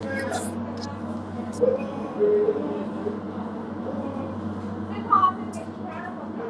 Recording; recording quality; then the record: shallow breathing; poor, much background noise or distortion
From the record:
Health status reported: COVID-19 positive, mild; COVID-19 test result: positive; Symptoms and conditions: loss of smell and taste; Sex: female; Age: 55 years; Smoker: not ticked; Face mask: not worn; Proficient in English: yes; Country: India